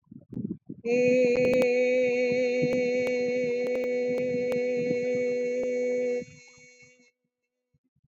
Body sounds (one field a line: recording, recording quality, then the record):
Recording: sustained vowel as in made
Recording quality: excellent, no background noise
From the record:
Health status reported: respiratory illness, not identified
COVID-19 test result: not tested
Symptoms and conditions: asthma, hypertension, diabetes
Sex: female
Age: 56 years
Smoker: not ticked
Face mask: not worn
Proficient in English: yes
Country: India